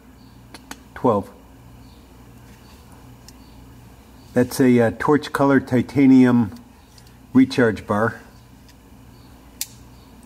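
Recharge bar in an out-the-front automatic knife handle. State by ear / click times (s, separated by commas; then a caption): seated / 9.6 s. Someone talks while the torch-colored titanium recharge bar of a Custom Deluxe Halo V Tanto out-the-front automatic knife is pulled back in the handle. One sharp click at 9.6 s marks the bar locking into place, leaving the knife ready to fire again.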